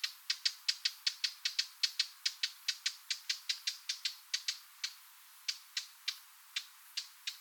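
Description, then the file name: Eurasian blackcap uttering a rapid string of hard tack notes, like two stones knocked together, slowing to spaced single clicks near the end. "Sylvia atricapilla"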